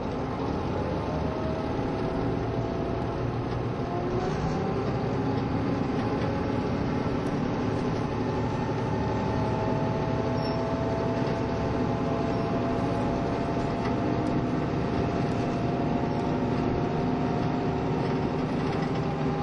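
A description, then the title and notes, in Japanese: Running sound recorded aboard a KiHa 72 series Yufuin no Mori train between Yufuin and Ukiha. A steady, dense rumble holds level throughout, with low droning tones and faint rising and falling whines drifting over it, and no distinct separate events. キハ72系 ゆふいんの森06号01 由布院～うきは。走行音。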